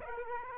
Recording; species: mosquito wingbeat signal from an infrared sensor; Aedes aegypti